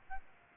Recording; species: mosquito wingbeat signal from an infrared sensor; Aedes albopictus